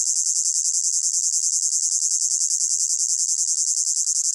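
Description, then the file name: Cicada buzz, a piercing high whir with quick, very even pulses throughout. Close-up; pulsating, high-pitched buzz. "gain walkers CICADA Close Up Pulsating Buzz High Pitched"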